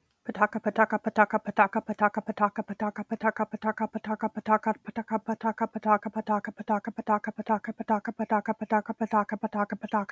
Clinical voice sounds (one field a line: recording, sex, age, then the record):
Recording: repeated syllables /pa ta ka/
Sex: female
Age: 30 to 39 years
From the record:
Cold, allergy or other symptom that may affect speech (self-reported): no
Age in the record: 34 years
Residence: Nevada, United States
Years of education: 16